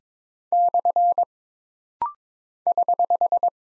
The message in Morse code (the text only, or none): / <HH>